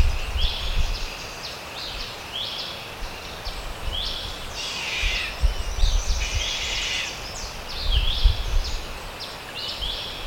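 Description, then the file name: Bird producing many repeated high, falling chirps, with some fuller buzzy phrases around the middle, over low wind noise. "SABIOD 50 bird 2015"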